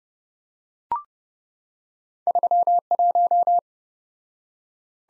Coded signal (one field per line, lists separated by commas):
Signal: Morse code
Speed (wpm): 29 wpm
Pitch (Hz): 700 Hz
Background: none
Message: 31